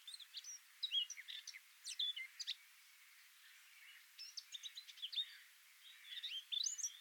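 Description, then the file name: Eurasian blackcap song: bursts of quick, scratchy chirps and twittering notes in several bouts separated by pauses, over a light background hiss. "Sylvia atricapilla"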